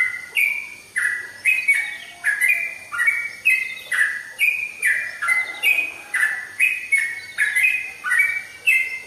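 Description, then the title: Oriental magpie-robin giving a run of repeated bright downslurred whistles, each opened by a sharp high note, in a fast rhythm. "Kicau Kacer"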